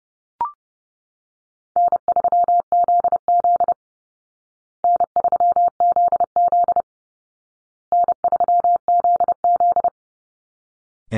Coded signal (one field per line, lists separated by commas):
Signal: Morse code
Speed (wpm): 30 wpm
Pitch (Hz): 700 Hz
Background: none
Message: N3ZZ N3ZZ N3ZZ